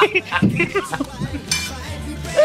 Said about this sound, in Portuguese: Eu tô aqui mandando, olha o barulho, ó. Uma garfada de arroz.